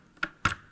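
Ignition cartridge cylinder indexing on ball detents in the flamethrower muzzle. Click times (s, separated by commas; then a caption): 0.2 s, 0.5 s. The ignition cartridge cylinder in the muzzle of a Soviet flamethrower is rotated so its spring-loaded ball detents pop into holes in a metal plate, indexing between two chambers. Two sharp metallic clicks are heard at 0.2 s and 0.5 s, each with a bright burst centered around 1–2 kHz. The cylinder seats on its detents at each chamber.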